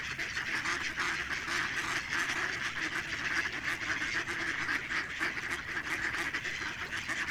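Ducks keep up a busy, overlapping quacking chatter for the whole stretch, with no quiet gaps.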